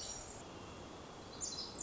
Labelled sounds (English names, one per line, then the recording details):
Pacific Wren
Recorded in Sonoma County, California